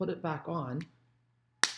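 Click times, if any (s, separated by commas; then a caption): 1.6 s. Someone talks, then the cap is pressed back onto a plastic Crumb Cake light Stampin' Blends alcohol-ink blending marker with a brush tip and a fine tip. A sharp, loud click at 1.6 s shows the cap has seated shut, which keeps the marker from drying out.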